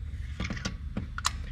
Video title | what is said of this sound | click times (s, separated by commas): 2014 Dodge Ram 1500 Spark Plug Replacement | make sure it clicks it does | 1.3 s